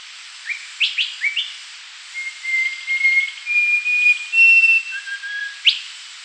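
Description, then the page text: Rufous-crowned babbler song: a few sharp rising chips, then a run of long, clear, level whistles stepping upward in pitch, a lower whistle, and a final upswept note. "Rufous-Crowned Babbler Song. Quick Sounds"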